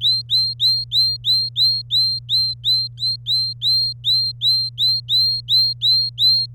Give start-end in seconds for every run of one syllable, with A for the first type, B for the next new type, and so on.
0.01-6.46 A